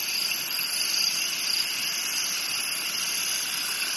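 Cricket trilling, a continuous high buzzy shimmer of several overlapping pitches, steady with slight flickers, nothing else clearly heard.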